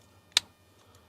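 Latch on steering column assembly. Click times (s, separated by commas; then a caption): 0.4 s. A latch on the steering column assembly of a 2015 Subaru is pressed down into place before the new clock spring is installed. One sharp click at 0.4 s is heard, preceded by a faint tick, over a low steady hum. The latch seats down into place.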